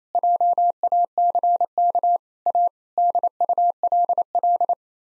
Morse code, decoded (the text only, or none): JACK A DULL